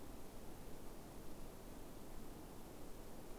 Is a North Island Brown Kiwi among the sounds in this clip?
no